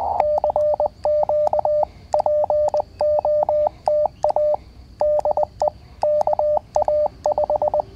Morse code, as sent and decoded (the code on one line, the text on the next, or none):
-.-. --.- / .--. --- - .- / -.. . / -.- .- .....
CQ POTA DE KA5